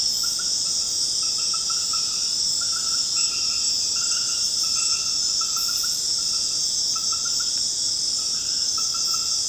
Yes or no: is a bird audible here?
no